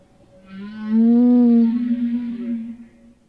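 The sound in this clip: Humpback whale song: one sustained, rich moan that rises gently, holds loud and steady, then slowly trails away.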